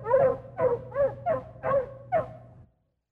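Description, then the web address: Foxhound baying: six mournful, slightly rising and falling bays in quick succession, then silence. Fox hounds braying. "Madacy Music Group Inc 292 Sound Effects 105-Fox Hounds Braying"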